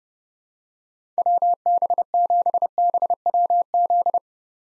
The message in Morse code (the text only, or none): WB7BWZ